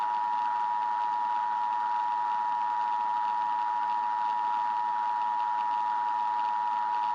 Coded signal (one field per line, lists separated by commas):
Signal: Emergency Alert System (SAME) tones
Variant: 853 and 960 Hz attention tone